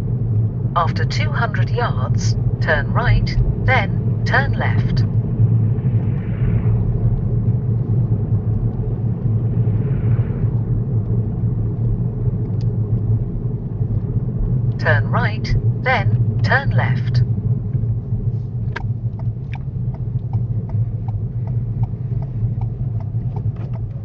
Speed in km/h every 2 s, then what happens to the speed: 29, 32, 34, 34, 31, 31, 29, 27, 19, 18, 16, 11.
0-13 steady at about 31. 13-24 slows to 11.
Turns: none.